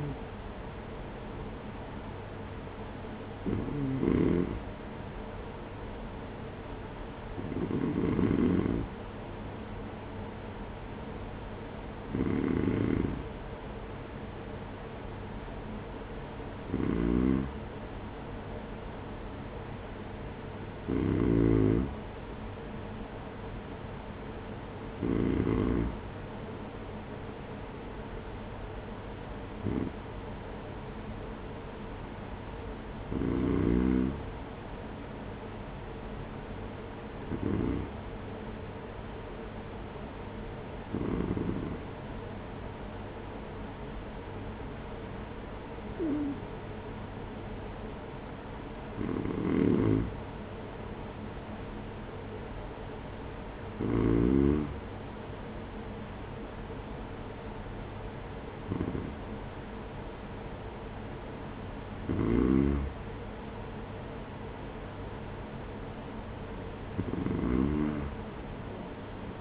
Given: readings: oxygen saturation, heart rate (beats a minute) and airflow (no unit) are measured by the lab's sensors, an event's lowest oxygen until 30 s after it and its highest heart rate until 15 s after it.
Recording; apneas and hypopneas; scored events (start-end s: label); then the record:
breathing in sleep by a voice recorder at the bedside; none
none scored
From the record:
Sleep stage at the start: N2 (light sleep); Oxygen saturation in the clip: 92 to 94%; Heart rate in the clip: 47 to 54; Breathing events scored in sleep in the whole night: 210 in 6.9 hours asleep